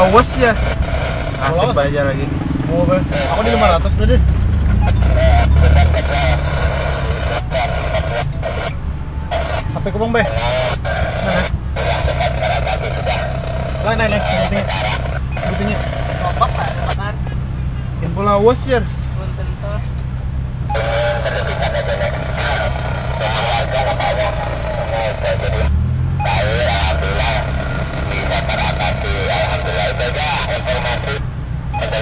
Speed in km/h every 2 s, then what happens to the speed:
15, 13, 8, 12, 11, 6, 0, 0, 0, 0, 0, 0, 0, 0, 0, 0.
0-3 slows to 8. 3-8 steady at about 11. 8-12 slows to 0. 12-32 standing.